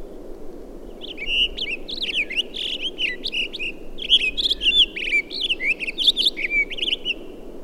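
Townsend's solitaire song: a long, rambling run of bright warbled and squeaky notes, tumbling high and varied, starting after a second and running to the end over a low steady hiss.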